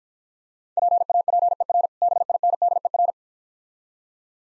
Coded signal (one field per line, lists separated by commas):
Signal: Morse code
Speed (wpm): 49 wpm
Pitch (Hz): 700 Hz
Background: none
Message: PAPER BINDER